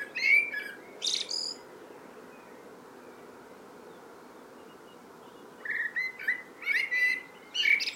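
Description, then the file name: Eurasian blackbird song: two mellow warbled phrases with squeaky tails, a long quiet gap, then several more fluted phrases ending in high twitters. "Turdus merula"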